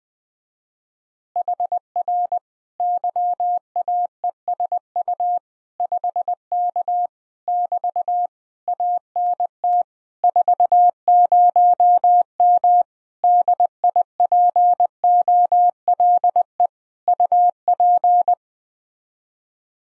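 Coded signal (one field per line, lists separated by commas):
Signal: Morse code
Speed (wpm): 20 wpm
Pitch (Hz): 710 Hz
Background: none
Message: HR YAESU 5K <BT> ANT 40M DIPOLE UP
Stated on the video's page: HF transmission captured, recorded and processed with computer audio software.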